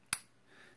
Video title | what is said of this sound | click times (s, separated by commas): Assembling Pistons and Rods | I'm going to go ahead and just push this right here and click | 0.1 s